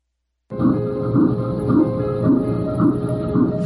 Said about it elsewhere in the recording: This is a sound of not just one, not just two, but three heartbeats. The heartbeat of a preborn baby can be heard as early as 5 weeks on ultrasound. I was having three baby boys.